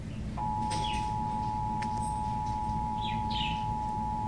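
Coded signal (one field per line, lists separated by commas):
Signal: Emergency Alert System (SAME) tones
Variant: 853 and 960 Hz attention tone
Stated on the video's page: SAME alert tones in a presentation about NOAA weather radios.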